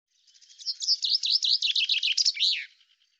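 Common chaffinch singing a brisk rattle of repeated high notes that stays fairly level through the phrase and finishes with a sharp terminal flourish.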